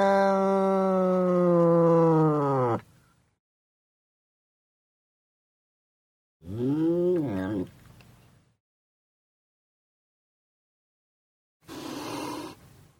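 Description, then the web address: Cat yowling: a long drawn-out moan, then after a pause a shorter wavering cry that rises and falls, and finally a brief harsh, breathy burst. "animali gatti gatti cats"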